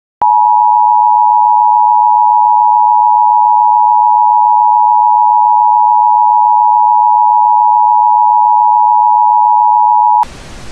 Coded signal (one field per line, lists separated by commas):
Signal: Emergency Alert System (SAME) tones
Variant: 853 and 960 Hz attention tone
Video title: Halloween Nightmare (EAS Scenario)